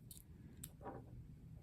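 A wearer presses the small plastic door of a hearing aid shut against the hearing aid body, giving faint plastic clicks near 0.1 s and a sharper click at 0.6 s over a low background hum. The door is still not fully closed and needs to be pushed all the way.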